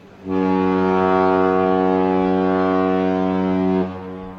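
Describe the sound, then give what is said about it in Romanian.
A single long, deep steamship horn blast as the steamer arrives in Dawson, loud and steady with rich low harmonics, sounding for about three and a half seconds before cutting off abruptly. “Când vaporul ajunse în Dawson, Colț Alb coborâ pe uscat.”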